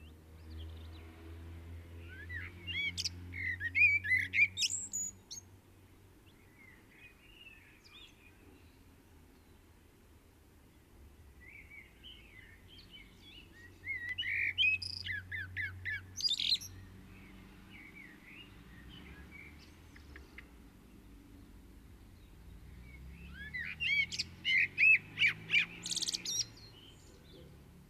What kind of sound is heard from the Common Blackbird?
song